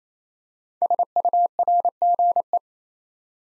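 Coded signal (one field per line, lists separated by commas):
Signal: Morse code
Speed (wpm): 27 wpm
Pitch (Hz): 700 Hz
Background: none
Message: SURGE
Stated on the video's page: Morse practice at 28 wpm: five-letter words, first letters spoken, each word sent twice for head-copy training.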